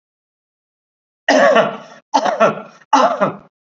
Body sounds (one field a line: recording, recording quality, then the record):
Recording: heavy voluntary cough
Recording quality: excellent, no background noise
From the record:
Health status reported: COVID-19 positive, moderate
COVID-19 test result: positive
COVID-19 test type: RT-PCR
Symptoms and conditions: cough, cold, fever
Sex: male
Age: 70 years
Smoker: no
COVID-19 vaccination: both doses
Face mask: worn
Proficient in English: no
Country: India